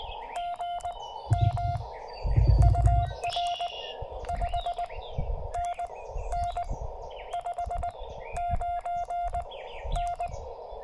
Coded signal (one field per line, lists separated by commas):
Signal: Morse code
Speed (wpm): 13 wpm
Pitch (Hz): 700 Hz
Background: none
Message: GM UR 5NN 59N